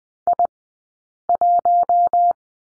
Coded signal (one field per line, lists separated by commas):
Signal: Morse code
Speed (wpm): 20 wpm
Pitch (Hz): 700 Hz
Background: none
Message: I1